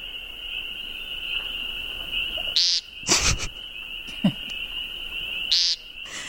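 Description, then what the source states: American woodcock giving nasal, buzzy meep calls, two short bursts about three seconds apart, over a steady high whine and faint scattered clicks. Played recording; the call is described as a meep, sounding like he had too many beans.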